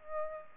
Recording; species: mosquito wingbeat signal from an infrared sensor; Aedes aegypti